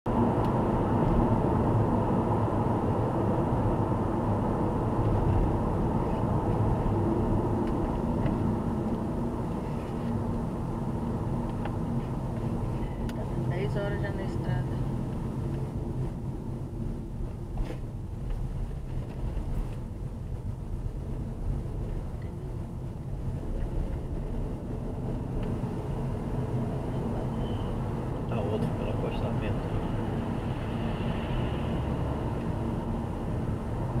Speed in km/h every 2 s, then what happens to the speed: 83, 79, 73, 63, 54, 49, 44, 33, 27, 28, 29, 32, 41, 47, 50, 53, 54.
0-16 brakes to 27. 16-21 steady at about 28. 21-34 speeds up to 54.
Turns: none.